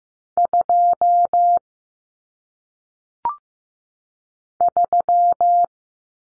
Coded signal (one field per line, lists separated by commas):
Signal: Morse code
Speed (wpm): 15 wpm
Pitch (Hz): 700 Hz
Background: none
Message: 2 3